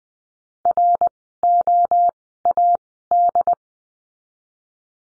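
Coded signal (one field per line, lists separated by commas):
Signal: Morse code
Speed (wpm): 20 wpm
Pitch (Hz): 700 Hz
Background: none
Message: ROAD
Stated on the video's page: Morse code course lesson on the letter C, words sent at Farnsworth speed 20/10 wpm.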